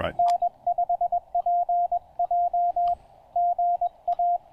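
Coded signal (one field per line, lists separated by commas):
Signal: Morse code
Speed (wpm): 21 wpm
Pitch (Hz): 690 Hz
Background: radio noise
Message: N5PJ GA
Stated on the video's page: POTA activation pile-ups on 20 meters using a Penntek TR-35 transceiver and a Chelegance MC-750 antenna.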